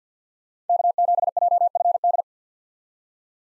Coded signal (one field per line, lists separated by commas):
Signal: Morse code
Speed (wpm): 50 wpm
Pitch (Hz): 700 Hz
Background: none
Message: K7JFD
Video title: 2023 SOTA Chaser Call Signs - 50wpm